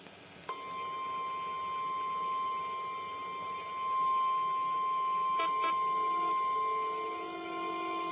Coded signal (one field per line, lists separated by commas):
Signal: Emergency Alert System (SAME) tones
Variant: 1050 Hz attention tone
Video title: EAS #353-354 - Required Weekly Test (KEC92 + WTGR)